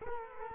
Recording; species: mosquito wingbeat signal from an infrared sensor; Culex quinquefasciatus